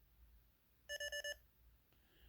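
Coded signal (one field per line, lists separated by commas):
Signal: none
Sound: a radio's mode-change beeps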